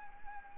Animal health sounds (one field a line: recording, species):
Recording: mosquito wingbeat signal from an infrared sensor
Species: Anopheles arabiensis